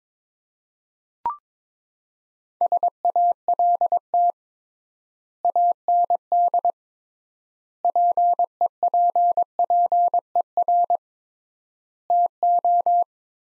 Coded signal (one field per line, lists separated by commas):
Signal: Morse code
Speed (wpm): 22 wpm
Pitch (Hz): 700 Hz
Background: none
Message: SALT AND PEPPER TO